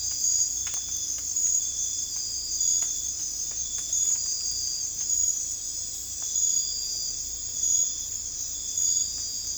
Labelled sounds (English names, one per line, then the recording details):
none
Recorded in secondary vegetation near Puerto Asís, Putumayo, Colombia, on 16 December 2024 at 23:30
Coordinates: 0.481, -76.318
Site G042